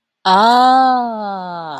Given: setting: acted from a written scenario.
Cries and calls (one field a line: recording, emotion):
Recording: vocal sound without words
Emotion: realization